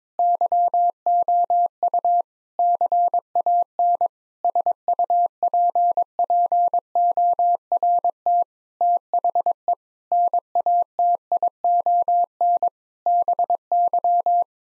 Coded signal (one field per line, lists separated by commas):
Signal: Morse code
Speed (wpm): 22 wpm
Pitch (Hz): 700 Hz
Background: none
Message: YOU CAN SUPPORT THE NATION BY